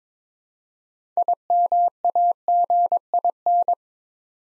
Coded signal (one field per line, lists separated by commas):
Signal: Morse code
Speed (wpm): 22 wpm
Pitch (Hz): 700 Hz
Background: none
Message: IMAGIN